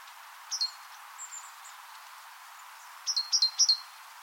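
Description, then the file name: Great tit calls: short high chirping notes, a pair near the start, a few faint notes after, and a quick series near the end, over faint steady hiss. "Parus major"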